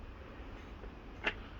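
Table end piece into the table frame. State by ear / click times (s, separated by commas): seated / 1.3 s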